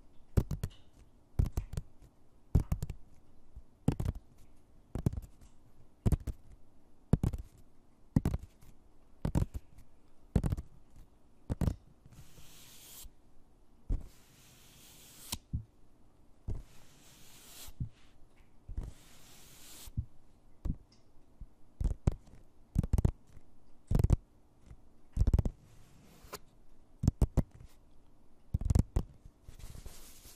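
Tapping with nails and finger pads on objects, sharp clicky taps in a steady rhythm of about two per second, some harder and brighter than others. Brief soft hissy brushing sounds appear around 12–20 seconds, over a faint low hum.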